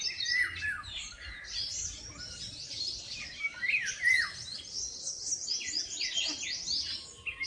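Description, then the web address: Bird song, a steady, rapid high warble of chirps, trills and quick slurred whistles that continues from start to finish. "az brid sounds"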